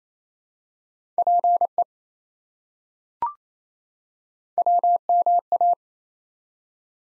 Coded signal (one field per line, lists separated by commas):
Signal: Morse code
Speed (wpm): 28 wpm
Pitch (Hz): 700 Hz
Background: none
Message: PE WMA